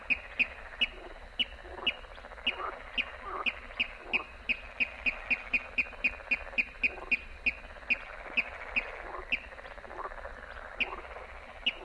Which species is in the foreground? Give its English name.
Water Rail